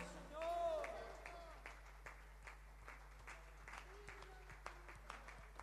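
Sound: audience applause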